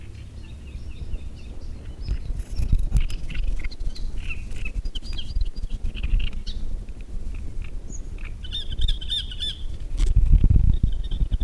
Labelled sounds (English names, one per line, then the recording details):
Great Reed Warbler
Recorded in the wild
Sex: male
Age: adult
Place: Müggelsee, Berlin, DE
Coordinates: 52.43, 13.64
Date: 1991-06-07 19:50
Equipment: Uher 4400 Report Monitor, Sennheiser ME 80, K 30 AV
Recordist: Fischer, Stefan